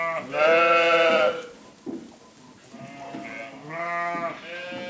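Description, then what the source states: Sheep bleat, a loud long wavering call followed by several softer bleats. Ewes (brebis).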